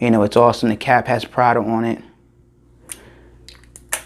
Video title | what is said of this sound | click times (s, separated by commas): Top 5 Date Fragrances | Snaps back into place. | 3.9 s